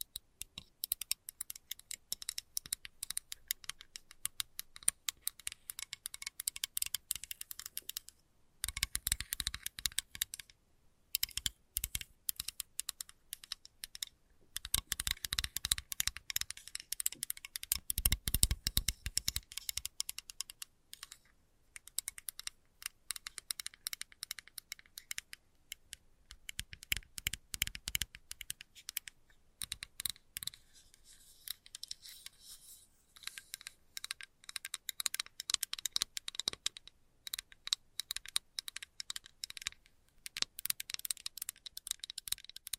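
Fast, light tapping runs in dense bursts of crisp, bright clicks, pausing briefly every few seconds before resuming at a steady quick pace.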